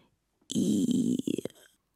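A quiet, buzzy fart lasting just over a second: a steady low rasp that breaks into a few short sputtering pops before trailing off, with no talking.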